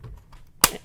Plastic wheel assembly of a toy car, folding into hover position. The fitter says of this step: and we first click yeah you'll hear that click